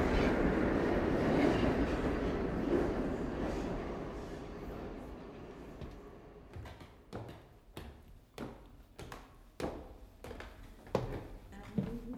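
A heavy, broad rumble of two trains setting off at the same time in opposite directions slowly fades, giving way to sharp, irregular clacks of wheels passing over rail joints that keep sounding until the end.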